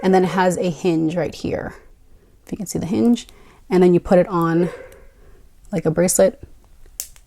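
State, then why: Seated. A hinged solid gold watch bracelet is closed around a wrist and its clasp is pressed shut. Someone talks, then the clasp snaps shut with a sharp click at 7.0 s, latching the watch closed.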